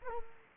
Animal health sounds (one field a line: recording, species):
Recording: mosquito wingbeat signal from an infrared sensor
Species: Culex quinquefasciatus